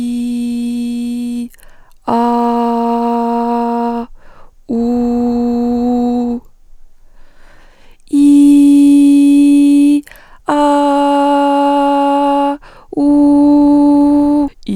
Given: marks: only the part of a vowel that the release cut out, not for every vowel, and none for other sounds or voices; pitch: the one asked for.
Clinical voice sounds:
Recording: sustained vowels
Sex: female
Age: 20 to 29 years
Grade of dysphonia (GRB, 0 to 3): 0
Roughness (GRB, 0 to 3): 0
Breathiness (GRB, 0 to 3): 0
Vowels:
0.00-1.33 s: vowel /i/, normal pitch
2.18-3.29 s: vowel /a/, normal pitch
4.93-5.59 s: vowel /u/, normal pitch
8.27-9.88 s: vowel /i/, high pitch
10.62-12.42 s: vowel /a/, high pitch
13.06-14.36 s: vowel /u/, high pitch
From the record:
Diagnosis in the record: healthy voice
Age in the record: 26 years

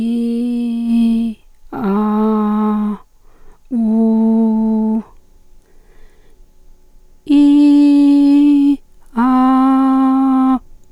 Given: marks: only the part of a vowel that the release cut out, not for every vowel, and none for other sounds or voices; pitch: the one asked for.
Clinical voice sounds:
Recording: sustained vowels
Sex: female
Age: 40 to 49 years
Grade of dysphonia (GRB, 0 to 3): 2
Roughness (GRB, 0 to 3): 0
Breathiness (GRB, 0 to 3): 1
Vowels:
0.00-1.13 s: vowel /i/, normal pitch
1.89-2.74 s: vowel /a/, normal pitch
3.82-4.92 s: vowel /u/, normal pitch
7.38-8.60 s: vowel /i/, high pitch
9.24-10.48 s: vowel /a/, high pitch
From the record:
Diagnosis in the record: psychogenic dysphonia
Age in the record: 47 years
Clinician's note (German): Funktionell psychogene Dysphonie, Reflux!, dicke Stimmlippe

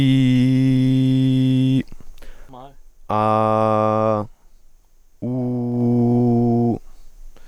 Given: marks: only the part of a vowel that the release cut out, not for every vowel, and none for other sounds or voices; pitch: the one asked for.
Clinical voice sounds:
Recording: sustained vowels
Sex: male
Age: 20 to 29 years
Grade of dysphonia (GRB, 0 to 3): 0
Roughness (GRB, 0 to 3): 0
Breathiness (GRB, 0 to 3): 0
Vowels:
0.00-1.70 s: vowel /i/, normal pitch
3.23-4.15 s: vowel /a/, normal pitch
5.42-6.64 s: vowel /u/, normal pitch
From the record:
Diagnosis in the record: healthy voice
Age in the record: 22 years

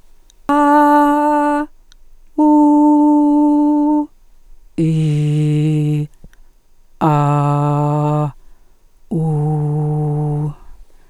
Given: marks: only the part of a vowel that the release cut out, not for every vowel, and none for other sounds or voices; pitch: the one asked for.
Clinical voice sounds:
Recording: sustained vowels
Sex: female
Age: 50 to 59 years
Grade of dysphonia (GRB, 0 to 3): 2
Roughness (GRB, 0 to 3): 2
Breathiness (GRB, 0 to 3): 1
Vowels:
0.55-1.55 s: vowel /a/, high pitch
2.46-3.84 s: vowel /u/, high pitch
4.86-5.92 s: vowel /i/, low pitch
7.10-8.17 s: vowel /a/, low pitch
9.22-10.33 s: vowel /u/, low pitch
From the record:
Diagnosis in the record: functional dysphonia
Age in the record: 57 years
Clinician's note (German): Mit psychogener Komponente

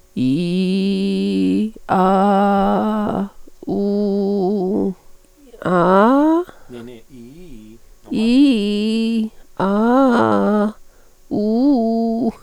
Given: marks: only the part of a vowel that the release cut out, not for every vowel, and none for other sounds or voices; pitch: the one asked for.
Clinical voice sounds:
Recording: sustained vowels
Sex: female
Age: 30 to 39 years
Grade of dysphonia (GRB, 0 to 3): 2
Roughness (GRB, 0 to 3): 1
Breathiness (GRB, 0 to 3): 2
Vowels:
0.39-1.49 s: vowel /i/, low pitch
1.99-3.04 s: vowel /a/, low pitch
3.79-4.56 s: vowel /u/, low pitch
8.34-9.16 s: vowel /i/, low-high-low pitch
9.67-10.59 s: vowel /a/, low-high-low pitch
11.41-12.15 s: vowel /u/, low-high-low pitch
From the record:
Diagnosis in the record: hyperfunctional dysphonia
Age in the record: 36 years

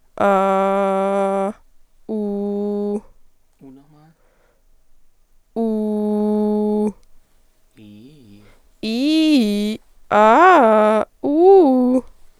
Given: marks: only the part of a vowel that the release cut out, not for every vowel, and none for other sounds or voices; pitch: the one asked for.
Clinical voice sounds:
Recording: sustained vowels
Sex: female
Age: 20 to 29 years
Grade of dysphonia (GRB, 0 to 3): 0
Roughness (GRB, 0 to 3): 0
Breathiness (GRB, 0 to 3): 0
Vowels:
0.29-1.48 s: vowel /a/, low pitch
5.99-6.79 s: vowel /u/, low pitch
8.89-9.68 s: vowel /i/, low-high-low pitch
10.19-10.86 s: vowel /a/, low-high-low pitch
11.29-11.93 s: vowel /u/, low-high-low pitch
From the record:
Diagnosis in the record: healthy voice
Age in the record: 25 years

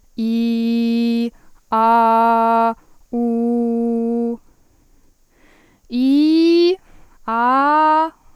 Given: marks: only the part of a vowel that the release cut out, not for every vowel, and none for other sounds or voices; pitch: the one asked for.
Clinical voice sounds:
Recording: sustained vowels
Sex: female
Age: 18 to 19 years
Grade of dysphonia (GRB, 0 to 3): 0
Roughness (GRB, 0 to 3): 0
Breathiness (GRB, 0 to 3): 0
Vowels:
0.25-1.21 s: vowel /i/, low pitch
1.79-2.65 s: vowel /a/, low pitch
3.21-4.28 s: vowel /u/, low pitch
5.99-6.67 s: vowel /i/, low-high-low pitch
7.33-8.03 s: vowel /a/, low-high-low pitch
From the record:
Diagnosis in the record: healthy voice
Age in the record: 19 years

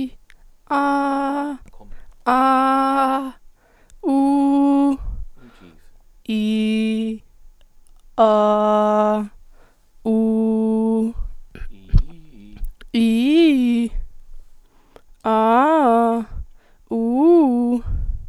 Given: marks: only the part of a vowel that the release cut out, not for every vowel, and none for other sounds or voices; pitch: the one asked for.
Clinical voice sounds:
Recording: sustained vowels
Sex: female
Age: 20 to 29 years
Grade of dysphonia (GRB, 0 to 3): 2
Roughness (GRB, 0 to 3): 0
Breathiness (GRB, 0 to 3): 0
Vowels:
0.77-1.45 s: vowel /a/, high pitch
4.39-4.89 s: vowel /u/, high pitch
6.34-7.07 s: vowel /i/, low pitch
8.27-9.13 s: vowel /a/, low pitch
10.13-10.97 s: vowel /u/, low pitch
12.99-13.82 s: vowel /i/, low-high-low pitch
15.32-16.14 s: vowel /a/, low-high-low pitch
16.96-17.72 s: vowel /u/, low-high-low pitch
From the record:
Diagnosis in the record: healthy voice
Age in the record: 20 years

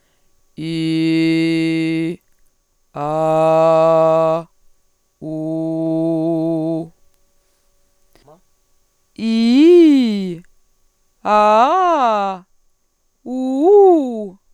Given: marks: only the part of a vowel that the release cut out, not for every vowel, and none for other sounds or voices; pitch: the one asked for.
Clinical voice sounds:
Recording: sustained vowels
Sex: female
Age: 20 to 29 years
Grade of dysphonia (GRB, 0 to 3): 0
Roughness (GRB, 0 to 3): 0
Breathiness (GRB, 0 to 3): 0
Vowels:
0.76-1.99 s: vowel /i/, low pitch
3.17-4.29 s: vowel /a/, low pitch
5.35-6.63 s: vowel /u/, low pitch
9.26-10.25 s: vowel /i/, low-high-low pitch
11.34-12.25 s: vowel /a/, low-high-low pitch
13.32-14.18 s: vowel /u/, low-high-low pitch
From the record:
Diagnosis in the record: hyperfunctional dysphonia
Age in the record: 27 years

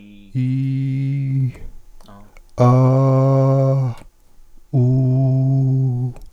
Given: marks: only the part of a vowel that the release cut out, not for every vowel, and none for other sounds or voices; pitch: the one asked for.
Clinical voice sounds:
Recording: sustained vowels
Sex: male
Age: 40 to 49 years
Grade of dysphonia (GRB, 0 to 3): 2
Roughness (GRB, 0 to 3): 1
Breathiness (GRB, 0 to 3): 0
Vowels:
0.48-1.24 s: vowel /i/, low pitch
2.77-3.71 s: vowel /a/, low pitch
4.85-5.58 s: vowel /u/, low pitch
From the record:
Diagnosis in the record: psychogenic dysphonia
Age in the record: 47 years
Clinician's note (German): Phonastetisch

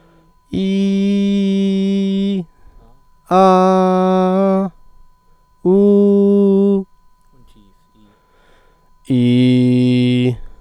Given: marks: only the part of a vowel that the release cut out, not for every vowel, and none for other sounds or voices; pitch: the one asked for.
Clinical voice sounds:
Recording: sustained vowels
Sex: male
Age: 30 to 39 years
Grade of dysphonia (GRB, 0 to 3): 0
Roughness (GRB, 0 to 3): 0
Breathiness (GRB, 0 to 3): 0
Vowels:
0.64-2.30 s: vowel /i/, high pitch
3.39-4.57 s: vowel /a/, high pitch
5.73-6.72 s: vowel /u/, high pitch
9.18-10.22 s: vowel /i/, low pitch
From the record:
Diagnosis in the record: healthy voice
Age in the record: 32 years

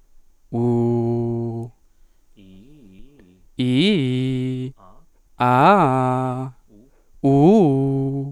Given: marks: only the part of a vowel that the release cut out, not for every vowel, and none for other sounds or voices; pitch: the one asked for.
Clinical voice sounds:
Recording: sustained vowels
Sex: male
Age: 20 to 29 years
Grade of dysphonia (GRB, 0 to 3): 0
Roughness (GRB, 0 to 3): 0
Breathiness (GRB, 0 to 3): 0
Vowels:
0.64-1.58 s: vowel /u/, low pitch
3.63-4.58 s: vowel /i/, low-high-low pitch
5.48-6.34 s: vowel /a/, low-high-low pitch
7.34-8.16 s: vowel /u/, low-high-low pitch
From the record:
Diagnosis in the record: healthy voice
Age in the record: 24 years

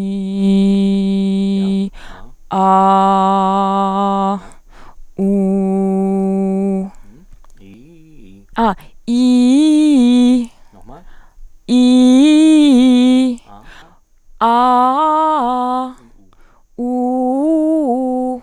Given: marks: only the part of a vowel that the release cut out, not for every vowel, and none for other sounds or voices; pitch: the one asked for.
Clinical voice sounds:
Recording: sustained vowels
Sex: female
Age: 30 to 39 years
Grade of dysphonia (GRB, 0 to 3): 0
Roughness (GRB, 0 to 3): 0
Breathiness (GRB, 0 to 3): 0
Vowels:
0.46-1.42 s: vowel /i/, low pitch
3.01-4.25 s: vowel /a/, low pitch
5.36-6.70 s: vowel /u/, low pitch
11.82-13.19 s: vowel /i/, low-high-low pitch
14.50-15.75 s: vowel /a/, low-high-low pitch
16.91-18.26 s: vowel /u/, low-high-low pitch
From the record:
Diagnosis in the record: hyperfunctional dysphonia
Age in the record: 31 years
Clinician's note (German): Ponogen

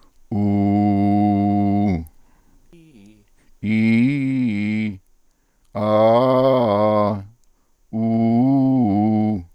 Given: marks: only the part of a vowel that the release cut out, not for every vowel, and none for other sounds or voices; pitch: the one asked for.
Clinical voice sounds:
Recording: sustained vowels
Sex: male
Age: 50 to 59 years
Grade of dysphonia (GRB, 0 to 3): 1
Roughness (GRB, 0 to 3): 1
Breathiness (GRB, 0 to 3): 0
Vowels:
0.41-1.84 s: vowel /u/, low pitch
3.77-4.77 s: vowel /i/, low-high-low pitch
5.85-7.02 s: vowel /a/, low-high-low pitch
8.03-9.22 s: vowel /u/, low-high-low pitch
From the record:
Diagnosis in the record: Reinke's edema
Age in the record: 58 years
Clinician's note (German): Rechts, Zustand nach Abtragung, sehr unregelmäßige Konfiguration, alte Rec.par. links

